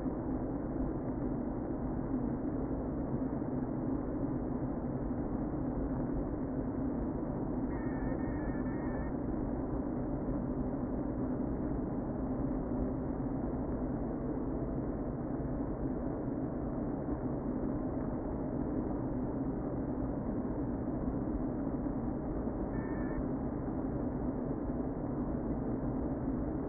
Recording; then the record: honeybee colony, microphone inside the hive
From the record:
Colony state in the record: queen present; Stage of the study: before two queens were removed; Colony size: about 60,000 bees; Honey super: yes